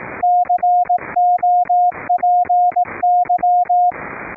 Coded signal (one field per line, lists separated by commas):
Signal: Morse code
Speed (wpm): 18 wpm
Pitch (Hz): 710 Hz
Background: radio noise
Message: COPY